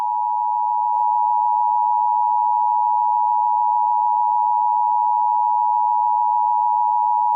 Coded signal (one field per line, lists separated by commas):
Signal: Emergency Alert System (SAME) tones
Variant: 853 and 960 Hz attention tone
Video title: EAS Scenario: The Rapture